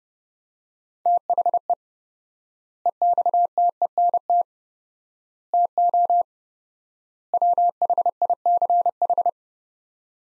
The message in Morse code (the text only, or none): THE EXTENT TO WHICH